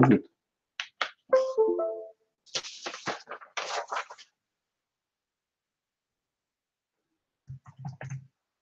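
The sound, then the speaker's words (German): Quick, irregular clicks of typing on a computer keyboard, as a message is typed into a live video chat window, come in short bursts, with a brief stretch of speech mixed in and a quiet pause before a voice returns at the end. “Ich tippe da mal was hin.”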